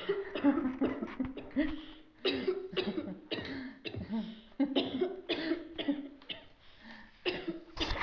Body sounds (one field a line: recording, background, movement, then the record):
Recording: laughter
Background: a bystander coughing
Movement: sitting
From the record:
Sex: female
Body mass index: 25.5 kg/m2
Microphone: on the chest, facing the body